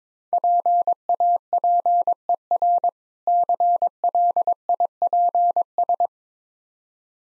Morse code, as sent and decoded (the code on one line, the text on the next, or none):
.--. .- .--. . .-. / -.-. .-.. .. .--. ...
PAPER CLIPS